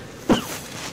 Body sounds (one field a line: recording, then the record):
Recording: coughing mixed with background sound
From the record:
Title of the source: Heavy cold and sore throat coughing.